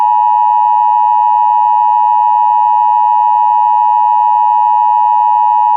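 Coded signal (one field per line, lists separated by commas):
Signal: Emergency Alert System (SAME) tones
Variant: 853 and 960 Hz attention tone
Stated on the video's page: Fictional EAS scenario about a zombie apocalypse, not a real alert.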